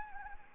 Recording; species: mosquito wingbeat signal from an infrared sensor; Anopheles gambiae